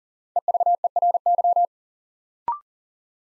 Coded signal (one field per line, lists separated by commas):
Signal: Morse code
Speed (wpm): 40 wpm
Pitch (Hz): 700 Hz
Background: none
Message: EVERY